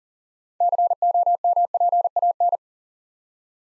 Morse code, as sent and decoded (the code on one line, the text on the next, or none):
-.-. --- -- .--. .- -.
COMPAN